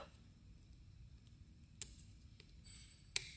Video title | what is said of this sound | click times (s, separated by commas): Toyota B1811 Airbag Clock Spring Replacement | this was enough you heard a click | 3.2 s